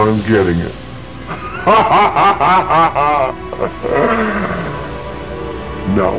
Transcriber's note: laughts